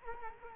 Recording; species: mosquito wingbeat signal from an infrared sensor; Culex quinquefasciatus